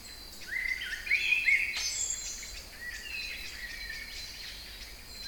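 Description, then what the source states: Songbirds singing, a loud warbled whistle phrase early, then quieter high chirps and thin whistles continuing. Kouri Forest, Thessaloniki, Greece; recorded 22 05 12 at 18:35.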